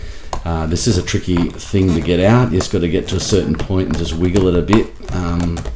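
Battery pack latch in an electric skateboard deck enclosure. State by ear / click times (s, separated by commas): released / 0.3 s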